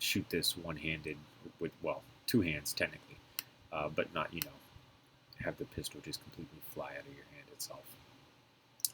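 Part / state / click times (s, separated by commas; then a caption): plastic brick bolt handle into the receiver of a LEGO pistol model / seated / 8.8 s, 8.9 s. Someone talks while handling a LEGO brick-built bolt-action pistol model. The plastic brick bolt handle is then turned down into the receiver with a sharp plastic click at 8.8 and 8.9 seconds. The bolt is closed and the handle locks into place.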